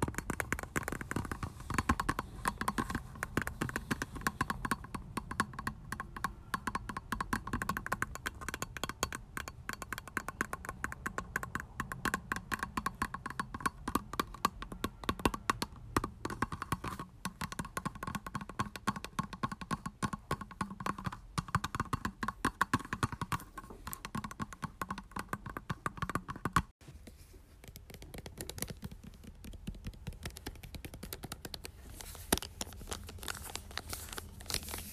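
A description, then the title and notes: A bottle is tapped over and over. The taps come in dense, quick clusters with a light ringing tone. At about 27 seconds the tapping breaks off briefly, then resumes sparser and softer. Bottle tapping.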